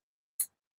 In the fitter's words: Push it until it clicks.